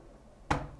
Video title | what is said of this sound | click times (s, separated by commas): Dell Inspiron 5570 Battery Replacement - How to Change Battery on Dell Inspiron 5570 | you will hear the snap sound | 0.5 s